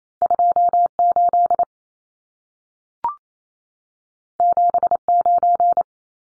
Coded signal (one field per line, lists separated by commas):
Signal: Morse code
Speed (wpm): 28 wpm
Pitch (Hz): 700 Hz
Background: none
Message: 28 79